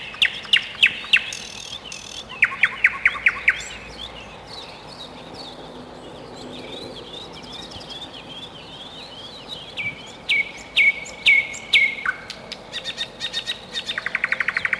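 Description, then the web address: Nightingale song: bursts of loud repeated notes alternating with quieter twittering, ending in a fast series of repeated notes. Spring. "vremena vesna solovei"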